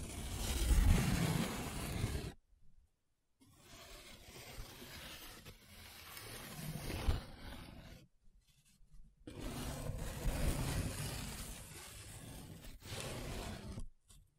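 Paper being rubbed and scratched in long, noisy passes, each a dense rough hiss with a low rumbling undertone. Strokes run for a few seconds at a time, separated by short silences near 2.5, 8.5 and 14 seconds.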